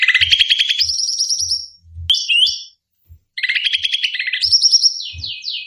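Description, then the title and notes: Bird chattering in harsh, buzzy trills that climb and level off, broken by a sharp click and a short pause, low knocks underneath. Bird lure calls used to attract stubborn birds that are hard to approach. "Suara Burung Bandel Yang Susah Mendekati. Kompilasi Suara Pikat Burung"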